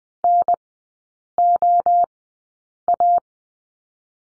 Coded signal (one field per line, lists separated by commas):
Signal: Morse code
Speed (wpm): 20 wpm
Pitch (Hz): 700 Hz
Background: none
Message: NOA